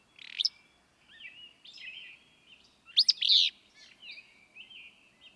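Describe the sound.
Willow flycatcher gives a loud two-part sneezy phrase midway, after a short buzzy burst at the start, with quieter twittering throughout.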